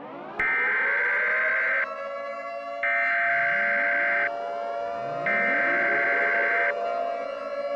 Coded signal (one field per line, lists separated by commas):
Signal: Emergency Alert System (SAME) tones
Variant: header bursts